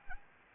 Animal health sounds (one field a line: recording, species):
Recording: mosquito wingbeat signal from an infrared sensor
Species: Anopheles gambiae